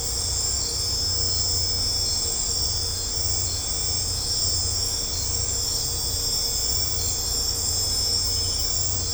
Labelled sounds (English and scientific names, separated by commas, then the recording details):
none
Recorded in secondary vegetation near Puerto Asís, Putumayo, Colombia, on 18 December 2024 at 21:00
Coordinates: 0.502, -76.326
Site G028